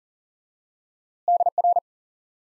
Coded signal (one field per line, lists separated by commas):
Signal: Morse code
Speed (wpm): 37 wpm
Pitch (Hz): 700 Hz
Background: none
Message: DR